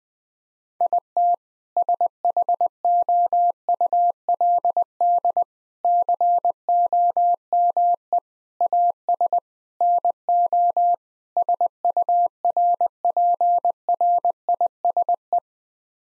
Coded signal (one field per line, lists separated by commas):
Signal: Morse code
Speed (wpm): 21 wpm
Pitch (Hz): 700 Hz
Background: none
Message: IT SHOULD COME AS NO SURPRISE